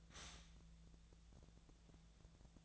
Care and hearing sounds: daily activity, microphone in the room; stop toaster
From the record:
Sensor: 3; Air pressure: 1000.2 hPa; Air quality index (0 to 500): 150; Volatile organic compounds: 3 ppm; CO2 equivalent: 1326 ppm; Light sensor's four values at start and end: 36/93/39/42 and 37/93/39/42

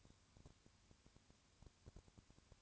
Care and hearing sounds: daily activity, microphone in the room; no activity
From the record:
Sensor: 2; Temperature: 20.3 degrees Celsius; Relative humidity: 35.6%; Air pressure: 1000.9 hPa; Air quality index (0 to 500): 196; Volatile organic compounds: 5 ppm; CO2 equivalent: 1725 ppm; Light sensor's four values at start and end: 2/3/2/2 and 2/3/2/2

